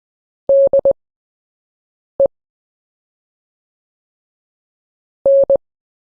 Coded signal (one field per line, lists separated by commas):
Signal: Morse code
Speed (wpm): 20 wpm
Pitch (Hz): 550 Hz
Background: none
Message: DE N